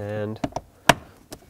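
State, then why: Seated. Someone talks as the second push tab of the plastic cabin air filter access cover on a 2003-2007 Nissan Murano is pressed into the HVAC housing. Light taps come at about 0.4 and 0.6 s. A sharp snap at 0.9 s marks the tab locking into place, followed by faint taps around 1.3 s.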